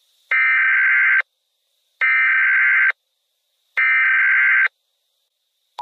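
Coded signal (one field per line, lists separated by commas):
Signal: Emergency Alert System (SAME) tones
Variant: header bursts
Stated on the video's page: Fictional EAS scenario.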